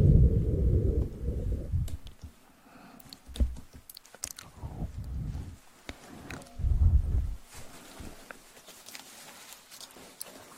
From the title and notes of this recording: Eating sugar, aloe vera gel ear massage.